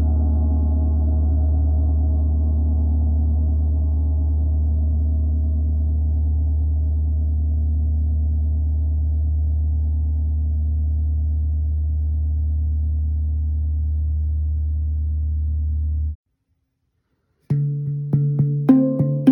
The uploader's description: the powerful vibrations of the Chiron Gong intertwine with enchanting chants